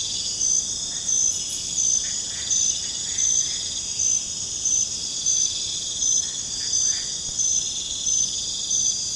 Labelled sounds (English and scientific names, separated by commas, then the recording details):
none
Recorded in pastures near Puerto Asís, Putumayo, Colombia, on 21 December 2024 at 22:30
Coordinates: 0.466, -76.322
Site G040